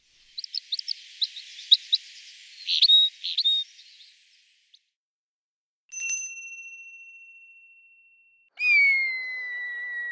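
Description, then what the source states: Red Crossbill, a string of sharp high chips in uneven clusters for about four seconds, followed after a pause by two long, clear whistled tones, the second falling slightly. Robust body, large head and thick neck; lives in conifer forests, especially spruce; seed-eater that uses its crossed bill to extract seeds from conifer cones.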